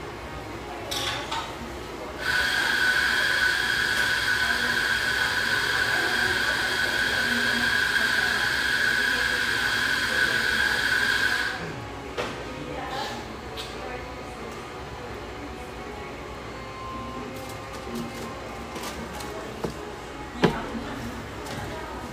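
Café ambience with a low, constant murmur of voices underneath. From about two to eleven seconds a steady, shrill whining hiss holds at one pitch, then cuts off. After it, scattered clicks and dish clatter come every second or two, with a sharper knock near twenty seconds.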